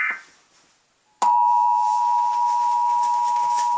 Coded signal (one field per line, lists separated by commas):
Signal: Emergency Alert System (SAME) tones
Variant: 853 and 960 Hz attention tone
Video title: [BAD TV SHOW/MOVIE] Gets Interrupted by the EAS